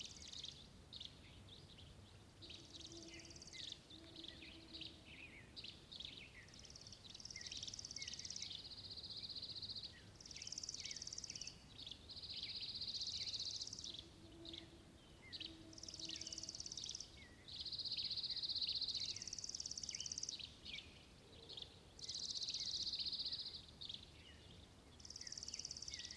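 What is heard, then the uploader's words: Wildlife at dawn, with repeated bright, buzzy bursts high up, likely insects or birds, coming in regular pulses every couple of seconds and growing louder after about ten seconds. Softer low chirps appear now and then beneath a steady hiss. Colockum Wildlife, dawn. The mellow “poor-will-low” of a Common Poorwill and the distant “peents” and later the croaking “booms" of Nighthawks. Geophony: rocky shrub steppe with mixed grasses and vegetation, some stands of Ponderosa Pine. Wind: 3mph from ENE.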